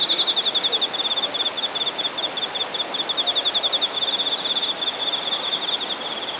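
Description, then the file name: Insect song: a high, rapidly pulsed trill running continuously, swelling louder at the start and again midway, with a fainter trill above and steady background hiss. Shinagawa, Japan. "shinagawa singing insects"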